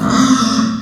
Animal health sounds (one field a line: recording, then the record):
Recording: squeal of a Yucatan mini pig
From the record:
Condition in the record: after surgery on the right vocal fold (resection and tissue-engineered implant)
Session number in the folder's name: 12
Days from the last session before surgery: 105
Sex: female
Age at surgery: 19 weeks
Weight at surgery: 25 kg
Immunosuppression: prednisolone